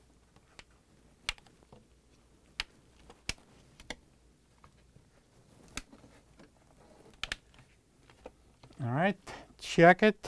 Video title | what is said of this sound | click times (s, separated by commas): How To: LG/Kenmore Refrigerator Ice Bank Door Gasket MDS62111103 | so we need to click all of them all right | 1.3 s, 2.6 s, 3.3 s, 5.8 s, 7.2 s